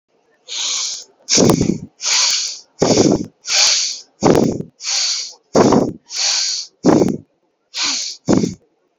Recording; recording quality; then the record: deep breathing; excellent, no background noise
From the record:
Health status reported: healthy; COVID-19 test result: negative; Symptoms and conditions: cough, diarrhoea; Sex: male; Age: 39 years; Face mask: not worn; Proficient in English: yes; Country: India